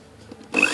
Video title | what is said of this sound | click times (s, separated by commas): Blender PHILIPS Mounting dudukan ketebalan VLOG 019 | Nah, bunyi ya. | 0.6 s